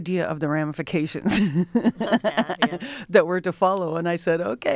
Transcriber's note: laughter